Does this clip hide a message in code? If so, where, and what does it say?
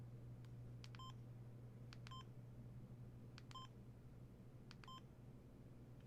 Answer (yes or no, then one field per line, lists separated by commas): no